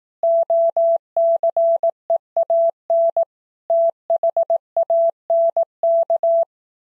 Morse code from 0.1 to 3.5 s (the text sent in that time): OCEAN